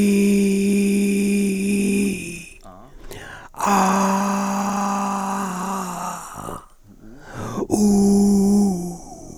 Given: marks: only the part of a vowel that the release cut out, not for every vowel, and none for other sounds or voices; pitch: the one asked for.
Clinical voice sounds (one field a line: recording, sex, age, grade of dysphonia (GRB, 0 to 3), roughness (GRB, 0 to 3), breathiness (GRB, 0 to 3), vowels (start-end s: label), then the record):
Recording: sustained vowels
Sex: male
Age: 60 to 69 years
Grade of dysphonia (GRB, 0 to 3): 3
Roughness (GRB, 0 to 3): 1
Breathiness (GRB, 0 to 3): 3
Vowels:
0.00-1.93 s: vowel /i/, normal pitch
4.42-5.73 s: vowel /a/, normal pitch
7.85-8.61 s: vowel /u/, normal pitch
From the record:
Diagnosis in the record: frontolateral partial laryngectomy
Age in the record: 67 years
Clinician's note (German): Zustand nach Hemilaryngektomie mit mäßiger Dysphonie, leichte supraglottale Kompensation